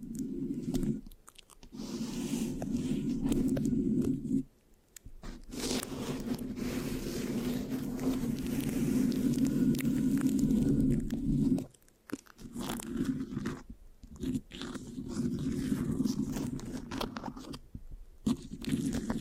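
Mic scratching with a sticky, rasping texture, a dense low rumbling scrape broken by brief silences near 1.5, 4.5, 12 and 18 seconds.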